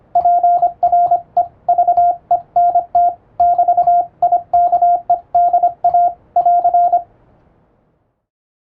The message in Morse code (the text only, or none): PREVENT <BT> IKEDA <AR>